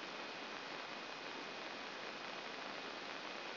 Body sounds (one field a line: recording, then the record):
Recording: brain microelectrode recording played as sound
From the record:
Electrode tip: inside the subthalamic nucleus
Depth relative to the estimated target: 3 mm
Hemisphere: left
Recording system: AlphaMap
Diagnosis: Parkinson's disease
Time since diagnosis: 11 years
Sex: male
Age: 56 years